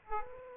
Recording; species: mosquito wingbeat signal from an infrared sensor; Aedes aegypti